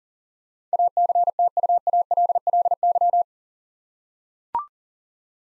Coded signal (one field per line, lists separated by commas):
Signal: Morse code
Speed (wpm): 40 wpm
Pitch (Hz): 700 Hz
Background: none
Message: ACTUALLY